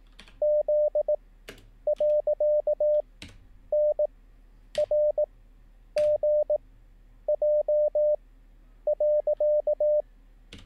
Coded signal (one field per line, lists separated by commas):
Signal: Morse code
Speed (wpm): 18 wpm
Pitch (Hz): 600 Hz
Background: none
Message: Z.NRGJ.